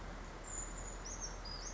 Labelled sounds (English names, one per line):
Western Flycatcher